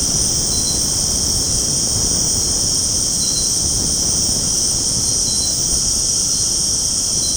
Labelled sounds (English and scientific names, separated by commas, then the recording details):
none
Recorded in secondary vegetation near Puerto Asís, Putumayo, Colombia, on 19 February 2024 at 20:00
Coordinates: 0.489, -76.322
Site G6419